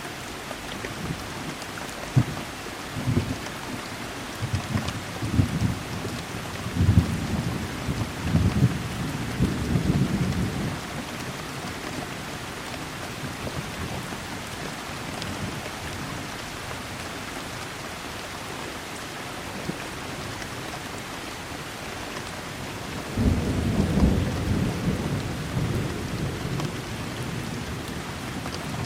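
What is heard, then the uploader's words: Heavy rain falls in a dense, steady hiss throughout. Low, rolling thunder rumbles in bursts during the first ten seconds, quiets through the middle, then returns from about 23 seconds to the end, deep. Heavy Rain and Thunder Sounds.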